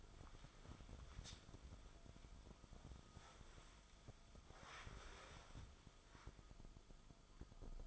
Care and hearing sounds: daily activity, microphone in the room; wipe stove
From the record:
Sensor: 5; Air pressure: 1004.9 hPa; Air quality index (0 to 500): 100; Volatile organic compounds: 2 ppm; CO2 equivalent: 1216 ppm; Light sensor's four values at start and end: 33/76/31/31 and 33/74/31/31

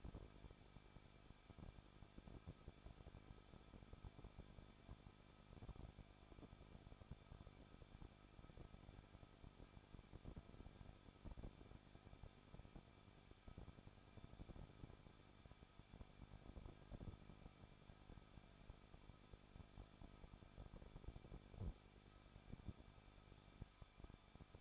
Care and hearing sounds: daily activity, microphone in the room; no activity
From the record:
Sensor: 5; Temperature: 20.9 degrees Celsius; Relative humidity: 38.2%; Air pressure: 1006.5 hPa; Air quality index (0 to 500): 187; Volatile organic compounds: 18 ppm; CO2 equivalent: 2621 ppm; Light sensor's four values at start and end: 2/3/1/1 and 2/3/1/1

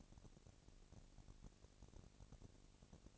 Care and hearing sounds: daily activity, microphone in the room; no activity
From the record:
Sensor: 4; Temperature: 22.5 degrees Celsius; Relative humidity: 33.4%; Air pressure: 999.7 hPa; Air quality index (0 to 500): 230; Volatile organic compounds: 20 ppm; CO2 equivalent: 2703 ppm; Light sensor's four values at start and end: 2/3/1/1 and 2/3/1/1

